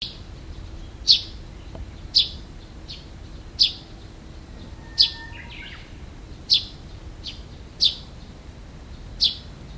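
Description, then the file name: Eurasian tree sparrow giving short, sharp chirps repeated roughly every one to one and a half seconds, with fainter chirps between, over a low steady hum. "suzume"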